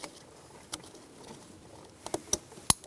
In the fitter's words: Okay, so now we're going to plug it in. Make sure it clicks into place, and